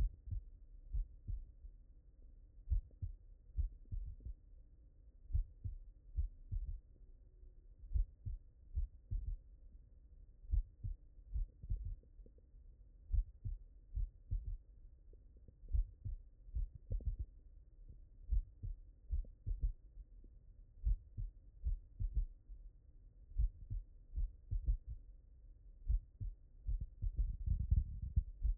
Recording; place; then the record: heart sounds by stethoscope; mitral valve (MV)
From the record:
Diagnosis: non-HFrEF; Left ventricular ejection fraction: 55%